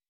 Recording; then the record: hydrophone in a shrimp aquaculture tank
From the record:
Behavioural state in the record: weakened